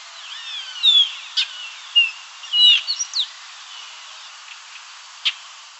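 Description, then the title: Baywing calls: scattered short whistled and chirping notes, some rising and falling, over a steady hiss of background noise. "LuckyPassaro Completos2Sama. Baywing (Agelaioides badius)"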